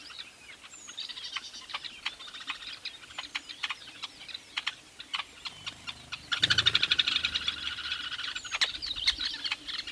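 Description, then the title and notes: Weavers chattering with scattered chirps, then a sudden loud burst of rapid, busy twittering with a low noisy sound partway through. Recorded at a large weaver nest in Etosha National Park, Namibia. "a large Weaver nest in Etosha NP, Namibia"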